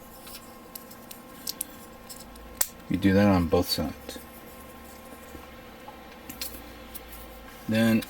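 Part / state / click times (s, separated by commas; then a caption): plastic model kit part into leg locking mechanism / seated / 2.6 s. A plastic armor part of a 1/100 model kit leg is pushed in and slid down into its locking mechanism, with soft plastic ticks and rubs before it locks into place with a sharp click at 2.6 s. Someone then talks, and a few small handling taps follow.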